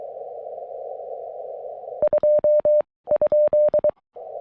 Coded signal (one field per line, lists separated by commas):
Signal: Morse code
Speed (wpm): 23 wpm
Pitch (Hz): 600 Hz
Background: none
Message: 2 ?